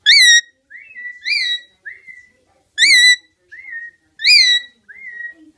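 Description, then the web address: Rainbow lorikeet calls: loud, sharp rising-falling notes alternating with softer slurred whistles, in uneven bursts. "sound Rainbow-lorikeet. صدای پرنده لوریکیت رنگین کمانی"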